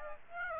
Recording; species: mosquito wingbeat signal from an infrared sensor; Aedes aegypti